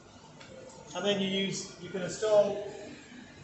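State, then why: Seated. On a Harrison Colchester M300 lathe, the taper shank of a drill chuck slots into the tailstock quill, which has been wound forward to receive it. A single sharp click at 0.4 s marks the chuck seating in place, followed by someone talking.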